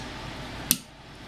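A steel cylinder hand is rotated backwards behind a small pin and wiggled into the trigger and frame of a Llama Comanche III .357 revolver during reassembly. A low, steady background gives way to a single sharp, loud metallic click at 0.7 s, followed by a quieter tail. The hand pops into place and is seated.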